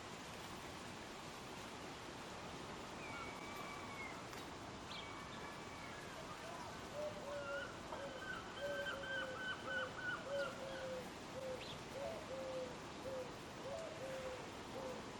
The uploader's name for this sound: Eurasian Hoopoe